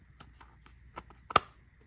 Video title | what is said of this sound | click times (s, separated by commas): How to Properly Remove and Replace the Filler Cap on the TRU ACTiV HydraPouch | Hear that click. | 1.3 s, 1.4 s